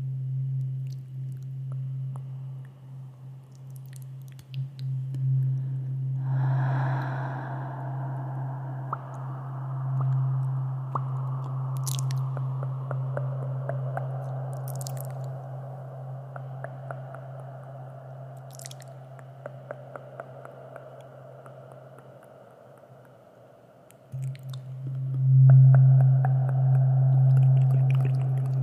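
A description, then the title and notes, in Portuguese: A steady low tuning-fork hum rings throughout, brightening near six seconds and swelling louder after twenty-five, with sparse wet mouth clicks and smacks. ASMR intenso com sons de boca e diapasão, um instrumento utilizado em testes medicinais que emitem frequências utilizadas como terapia alternativa para muitas situações.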